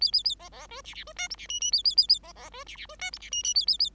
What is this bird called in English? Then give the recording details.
Bengalese Finch. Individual Bird5